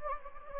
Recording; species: mosquito wingbeat signal from an infrared sensor; Anopheles gambiae